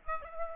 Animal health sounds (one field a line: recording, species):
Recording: mosquito wingbeat signal from an infrared sensor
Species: Aedes aegypti